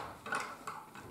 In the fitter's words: wieder abgegangen ich glaube er ist ein kugelgelenk nicht richtig drin im